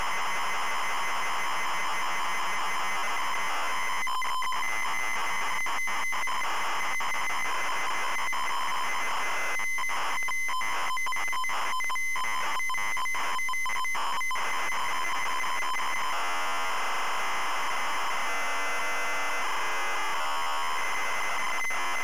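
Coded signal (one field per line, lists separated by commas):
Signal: ZX Spectrum tape loading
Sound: harsh buzzing tape data screech with tonal bands, abrupt changes in texture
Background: tape hiss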